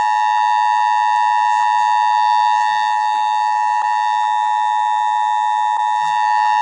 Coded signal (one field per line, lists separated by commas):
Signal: Emergency Alert System (SAME) tones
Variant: 853 and 960 Hz attention tone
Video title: (NOT PROFESSIONAL) Halloween 2017 EAS scerino: zombie attack VAILD TONES